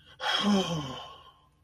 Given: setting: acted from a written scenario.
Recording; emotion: vocal sound without words; relief